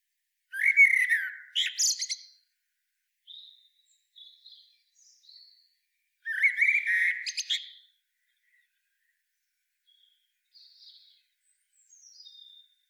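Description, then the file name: Common blackbird giving two short phrases about five seconds apart, each a lower start followed by a scratchy high twitter, with faint thin high notes between and after them. "Turdus merula"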